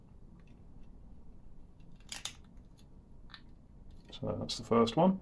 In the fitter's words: covers on these will just click into place